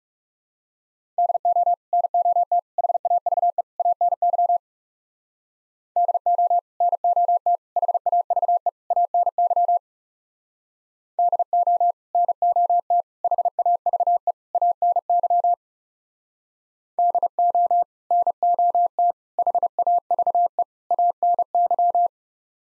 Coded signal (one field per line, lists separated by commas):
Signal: Morse code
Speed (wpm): 37 wpm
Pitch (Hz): 700 Hz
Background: none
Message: DO NOT HAVE ANY DO NOT HAVE ANY DO NOT HAVE ANY DO NOT HAVE ANY